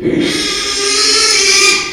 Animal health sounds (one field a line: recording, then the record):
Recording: squeal of a Yucatan mini pig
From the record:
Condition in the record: after surgery on the right vocal fold (resection and tissue-engineered implant)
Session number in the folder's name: 2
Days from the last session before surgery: 13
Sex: male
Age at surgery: 12 weeks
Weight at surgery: 13 kg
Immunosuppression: cyclosporine, prednisolone